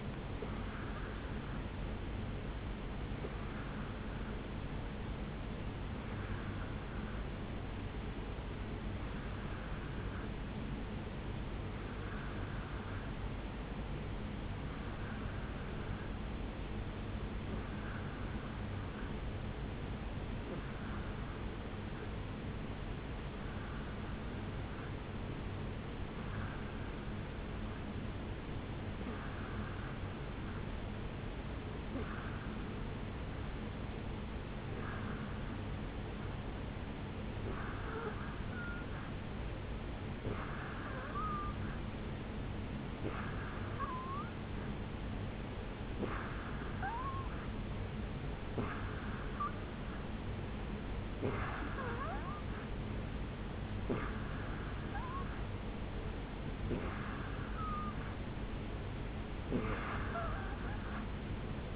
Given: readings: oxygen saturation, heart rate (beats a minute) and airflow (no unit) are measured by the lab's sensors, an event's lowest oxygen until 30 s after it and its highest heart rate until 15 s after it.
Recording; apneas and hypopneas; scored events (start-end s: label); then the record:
breathing in sleep by a voice recorder at the bedside; 1
8.00-52.90 s: hypopnea (N2, oxygen 95% highest, then 87% lowest, heart rate 64 at the start, 73 highest)
26.00-61.75 s: new sleep stage, N3 (deep sleep)
From the record:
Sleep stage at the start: N2 (light sleep); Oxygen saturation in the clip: 87 to 95%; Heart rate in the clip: 61 to 76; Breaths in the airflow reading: 22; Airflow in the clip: -4.2 to 3.8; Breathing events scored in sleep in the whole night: 449 in 7.0 hours asleep